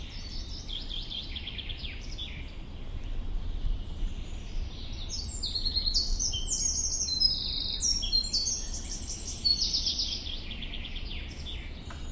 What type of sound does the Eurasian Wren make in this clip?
song